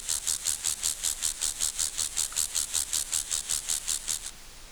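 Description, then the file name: Grasshopper rasping in a rhythmic train of high hissing pulses for about four seconds, then falling silent. "Chorthippus"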